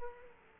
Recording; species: mosquito wingbeat signal from an infrared sensor; Culex quinquefasciatus